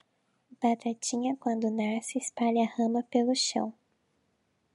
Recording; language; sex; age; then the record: short text; Brazilian Portuguese; female; 20 to 29 years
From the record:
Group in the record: control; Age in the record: 23 years